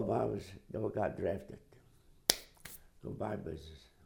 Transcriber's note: snapping sound